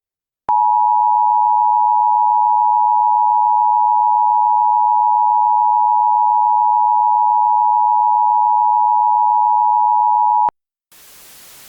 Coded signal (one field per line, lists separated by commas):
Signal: Emergency Alert System (SAME) tones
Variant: 853 and 960 Hz attention tone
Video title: EAS Scenario: SCP-409